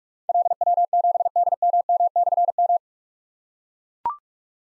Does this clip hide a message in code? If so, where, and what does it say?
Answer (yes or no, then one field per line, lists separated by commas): yes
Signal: Morse code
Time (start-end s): 0.3-2.8 s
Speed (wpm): 44 wpm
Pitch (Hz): 700 Hz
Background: none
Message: LW7DMM/M